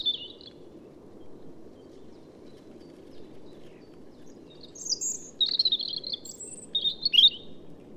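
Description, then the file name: European robin song: a brief high warble at the start, then a lively cluster of thin, tinkling, rapidly changing phrases in the second half. "Erithacus rubecula"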